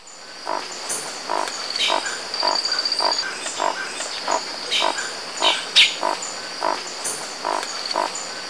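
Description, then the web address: Crimson-rumped toucanet giving repeated short, rough croaks at an uneven pace, over a constant high insect whine with a few faint higher bird notes. Recorded in Ecuador. "Birds of Ecuador Crimson-rumped Toucanet"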